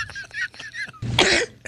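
A single harsh, explosive burst lasting under half a second follows a few quieter, breathy catches. It is an adult man's sneeze, though its abrupt, throaty sound is easily mistaken for a cough, or likened to a cat with a fur ball.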